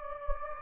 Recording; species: mosquito wingbeat signal from an infrared sensor; Anopheles gambiae